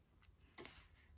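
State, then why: Seated. A new battery pack is pushed down into the battery bay of a ZOLL AED 3 automated external defibrillator until it latches. A sharp click sounds at about 0.6 s, followed by a second, shorter tick at 0.7 s, over quiet background noise. The battery is seated and latched in place.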